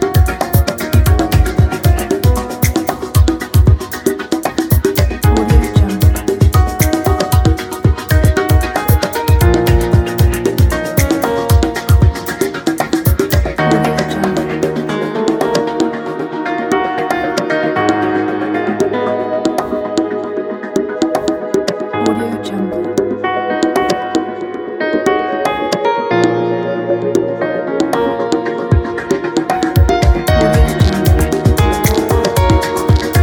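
Soft piano notes play over steady percussion, with a regular beat and thumping low hits for the first thirteen seconds. The drums then drop away, leaving held, gentle chords for about fifteen seconds before the beat returns near the end.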